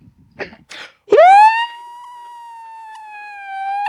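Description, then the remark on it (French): After a few short breathy noises, a voice mimics an ambulance siren, swooping up into a loud wail and then holding one long, steady, quieter tone that swells slightly at the end. “Lorsqu'on a une sirène comme...”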